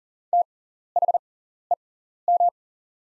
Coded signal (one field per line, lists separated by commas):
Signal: Morse code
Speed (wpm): 38 wpm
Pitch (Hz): 700 Hz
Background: none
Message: THEM